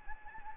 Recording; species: mosquito wingbeat signal from an infrared sensor; Anopheles gambiae